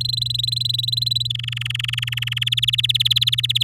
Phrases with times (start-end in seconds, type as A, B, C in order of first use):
0.00-1.27 A, 1.30-2.44 B, 2.46-3.63 C